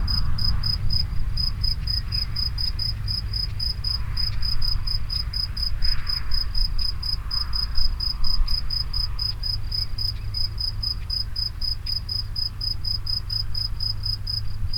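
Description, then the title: Grasshopper chirping, a long regular train of brief high pulses at a quick steady pace, with a constant low rumble underneath. Locusts near the Henri Bridge at Niévroz. "Niévroz, Locusts near the Henri Bridge - Criquets vers le Pont Henri"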